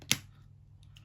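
The plastic peg on the arm of a plastic transforming action figure is pushed into the hole in its hip while changing the figure to bug mode, after a struggle to get it in. A sharp, bright click at 0.1 s marks the peg seating, followed by two faint light ticks near 0.8 and 1.0 s over a low steady hum.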